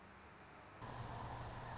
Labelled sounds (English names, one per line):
Anna's Hummingbird